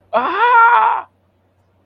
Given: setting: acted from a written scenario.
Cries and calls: vocal sound without words; pain

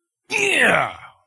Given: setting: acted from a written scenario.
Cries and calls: vocal sound without words; triumph

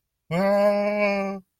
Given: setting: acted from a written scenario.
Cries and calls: vocal sound without words; pain

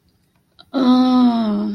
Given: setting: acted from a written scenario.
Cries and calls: vocal sound without words; desire

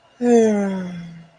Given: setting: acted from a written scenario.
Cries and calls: vocal sound without words; serenity

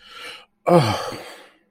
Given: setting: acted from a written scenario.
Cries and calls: vocal sound without words; relief

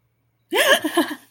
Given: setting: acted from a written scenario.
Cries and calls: vocal sound without words; positive surprise

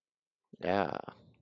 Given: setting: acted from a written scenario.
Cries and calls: vocal sound without words; romantic love

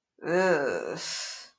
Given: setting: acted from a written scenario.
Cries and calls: vocal sound without words; disgust

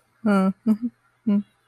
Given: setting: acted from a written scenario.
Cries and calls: vocal sound without words; romantic love

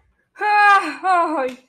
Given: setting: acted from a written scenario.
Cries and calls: vocal sound without words; ecstasy

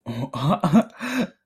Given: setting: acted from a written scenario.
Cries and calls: vocal sound without words; positive surprise

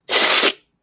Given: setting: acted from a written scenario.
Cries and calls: vocal sound without words; pain

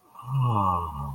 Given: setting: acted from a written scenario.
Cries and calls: vocal sound without words; serenity

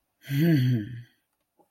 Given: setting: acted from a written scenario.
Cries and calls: vocal sound without words; romantic love

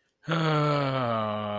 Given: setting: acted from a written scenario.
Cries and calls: vocal sound without words; distress

